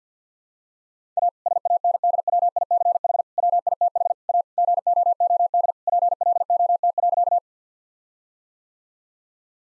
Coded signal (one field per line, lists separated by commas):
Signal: Morse code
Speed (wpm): 50 wpm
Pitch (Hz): 700 Hz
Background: none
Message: A SANDWICH WITH A GOOD PLOT.